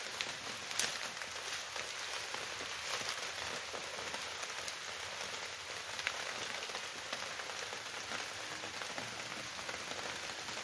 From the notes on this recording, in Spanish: sonido de la lluvia en el campo